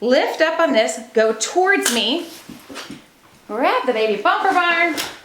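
Someone talks while lifting the folded Contours Options Elite double stroller frame and pulling it toward them to unfold it, working the stroller frame fold latch. Only speech and soft handling sounds are heard, with no distinct click, and the frame latch has not locked into place yet.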